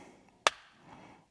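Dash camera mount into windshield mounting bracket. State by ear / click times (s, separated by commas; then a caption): seated / 0.5 s. A dash cam mount in a GMC Sierra Denali has the three tabs on its back pushed into the three holes of the windshield bracket, then is slid over until it locks into place. A single sharp snap is heard at 0.5 s over a quiet background. The mount is seated and locked in the bracket.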